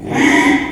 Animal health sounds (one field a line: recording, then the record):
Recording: squeal of a Yucatan mini pig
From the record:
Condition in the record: after surgery on the right vocal fold (resection and tissue-engineered implant)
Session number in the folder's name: 3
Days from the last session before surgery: 33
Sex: male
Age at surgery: 12 weeks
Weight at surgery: 13 kg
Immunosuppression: cyclosporine, prednisolone